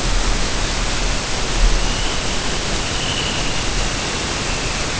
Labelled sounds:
Dunlin
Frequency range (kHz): Dunlin 1.8-3.7 kHz
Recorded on Arctic tundra, site UTQI-5, on 25 June 2018
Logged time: 10:00

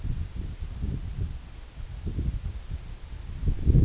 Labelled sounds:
none
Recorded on Arctic tundra, site EABA-1, on 26 June 2018
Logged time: 08:00

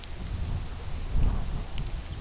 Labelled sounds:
Lapland Longspur
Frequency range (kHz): Lapland Longspur 2.8-3.9 kHz
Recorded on Arctic tundra, site UTQI-2, on 17 June 2019
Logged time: 08:00

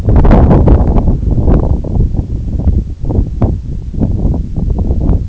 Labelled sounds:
none
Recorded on Arctic tundra, site NAIT-1, on 2 July 2019
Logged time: 02:00

